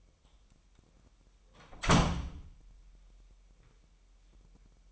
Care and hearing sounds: daily activity, microphone in the room; close door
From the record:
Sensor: 1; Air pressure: 998.4 hPa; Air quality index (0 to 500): 135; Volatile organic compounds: 4 ppm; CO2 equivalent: 1619 ppm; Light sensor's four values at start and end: 18/60/24/25 and 18/61/24/25

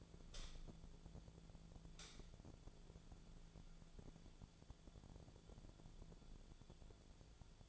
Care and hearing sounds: daily activity, microphone in the room; light on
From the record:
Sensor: 5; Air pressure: 1010.0 hPa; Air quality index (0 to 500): 157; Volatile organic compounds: 3 ppm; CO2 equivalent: 1528 ppm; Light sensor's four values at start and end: 215/547/225/243 and 214/544/224/242

